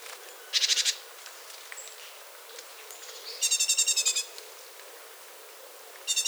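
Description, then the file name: Great tit chatter in short harsh bursts of fast-repeated notes, one longer run in the middle, with faint high chirps between. "Parus major"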